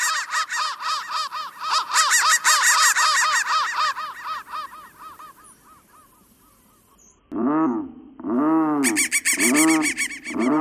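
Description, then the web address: Crow cawing, a run of repeated harsh rasping caws that fade out, then after a pause louder, deeper hoarse caws in a short series. "soundfactory crow"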